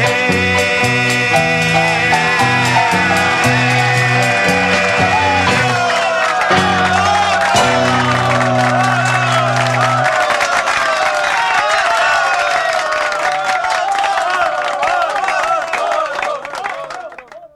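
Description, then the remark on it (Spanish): Music plays loudly at the end of a recording for the Peruvian record label Rojar, then dense clapping and excited cheering rise over it, with whoops and shouts in the crowd as the applause continues before cutting off at the end. “¡Aplauso para ellos!”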